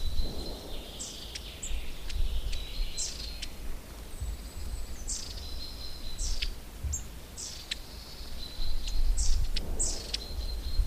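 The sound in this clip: Long-tailed tit calls: a busy run of high, thin, drawn-out see notes and sharp ticking clicks, repeated through the whole stretch, above steady low rumbling noise.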